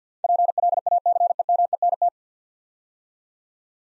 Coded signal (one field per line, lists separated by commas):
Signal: Morse code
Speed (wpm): 50 wpm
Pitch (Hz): 700 Hz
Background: none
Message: PLACEMENT